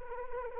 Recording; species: mosquito wingbeat signal from an infrared sensor; Anopheles arabiensis